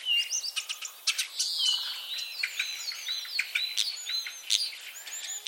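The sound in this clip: Common starling giving rapid clicks and sharp ticks mixed with short whistled phrases and some level tones, busy and varied from start to end.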